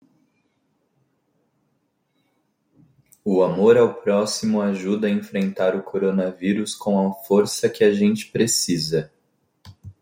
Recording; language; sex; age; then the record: spoken sentence; Brazilian Portuguese; male; 20 to 29 years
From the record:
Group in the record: control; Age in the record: 20 years